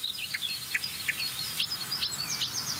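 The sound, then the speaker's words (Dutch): A marsh warbler sings a quick, varied run of high chirps and twittering notes, starting fairly calmly by mimicking barn swallow twitters, with short repeated bursts and thin rising phrases over faint background hiss. “Ja, deze bosrietzanger werkt gelukkig een beetje mee, want deze begint vrij rustig. En hij begint met Boerzalu.”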